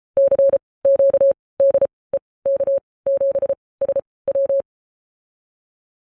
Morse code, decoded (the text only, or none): CQ DE K7SW